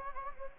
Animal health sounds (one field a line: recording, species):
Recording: mosquito wingbeat signal from an infrared sensor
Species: Anopheles gambiae